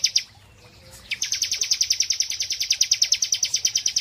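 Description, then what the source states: Prinia trill: a brief burst, a pause, then a continuous fast buzzy trill of sharp high pulses, with faint low background noise. Prinia song used as a masteran (tutor) therapy recording.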